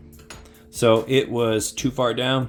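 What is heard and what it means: A small plastic cam follower part inside a Whirlpool dryer timer, which sat too far down and had not engaged, is pulled out slightly during reassembly and snaps into place with a short click at 0.3 s. Someone then talks over quiet background music.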